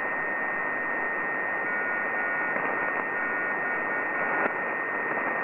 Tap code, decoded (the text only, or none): none